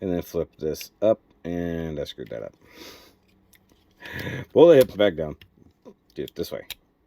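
Someone talks while handling the plastic hip section of a 52TOYS MEGABOX Hexanoid MB-13 UNUS transforming toy robot, pulling it back down toward the body, with a few faint handling ticks between about 3.5 and 3.9 s. Nothing has seated or clicked into place yet.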